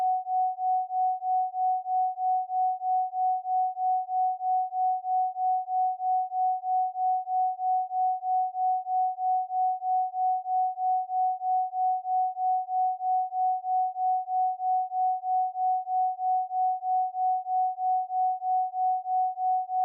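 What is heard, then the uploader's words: A pure, steady 741 Hz tone holds unchanged for the whole clip, swelling and fading in a smooth, regular beat about three times per second. Pi 3.14Hz Delta Binaural Beat & 741Hz Solfeggio.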